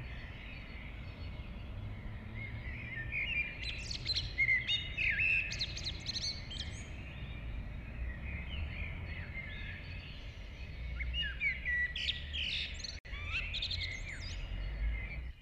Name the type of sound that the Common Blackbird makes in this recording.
song